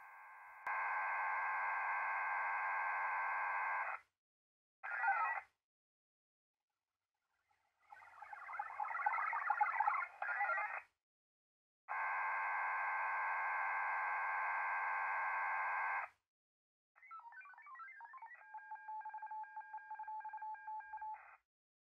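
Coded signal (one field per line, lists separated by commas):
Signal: HF data modem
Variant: VARA HF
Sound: bursts of dense, buzzy multitone hiss, stopping and starting, with a warbling tonal final burst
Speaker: we've been watching a win-link session with true sdx and digirig mobile we were running when link express with Vada HF on a Microsoft Surface go to tablet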